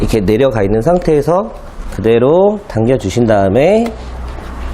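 Someone talks while a plastic garden-hose coupling is slid down over the water inlet connector of a Kärcher K4 pressure washer and pulled into place so it will lock on. A low steady hum runs underneath the voice. The clip ends before the coupling goes home, so nothing has seated or clicked yet.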